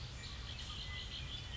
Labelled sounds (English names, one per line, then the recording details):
Red-winged Blackbird
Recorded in Sonoma County, California